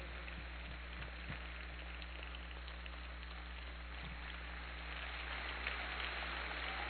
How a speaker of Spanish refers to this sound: Siguen pasando personas. Miren nomás, acá están pasando más personas. Mientras sigan pasando, usted no deje de aplaudir. Bravo.